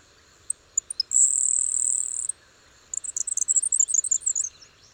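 Bird song with a few scattered high ticks, a steady very high buzzy note lasting about a second, then a quick run of varied high chirps, over faint background hiss.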